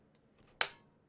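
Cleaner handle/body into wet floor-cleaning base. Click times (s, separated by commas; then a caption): 0.6 s. A Tineco Floor ONE S7 Combo handle/body section, lined up with the handle portion facing out over the brush, is pressed firmly into its wet floor-cleaning base. After a quiet stretch with faint shuffling, a single sharp, bright click rings out at 0.6 seconds and fades quickly. The handle has snapped in and is seated in the base.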